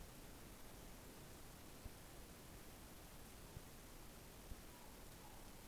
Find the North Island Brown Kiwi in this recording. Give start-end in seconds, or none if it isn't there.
none